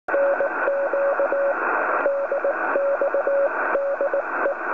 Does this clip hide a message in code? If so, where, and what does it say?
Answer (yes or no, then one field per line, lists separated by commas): yes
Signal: Morse code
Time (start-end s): 0.1-4.5 s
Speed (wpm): 19 wpm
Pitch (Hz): 560 Hz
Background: radio noise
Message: NQ DX DE